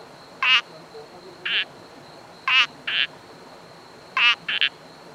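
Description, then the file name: Sri Lanka bubble frog calling in short buzzy pulsed bursts. Rasping notes alternate with plainer, smoother notes. A steady thin high tone runs throughout. "Uperodon obscurus"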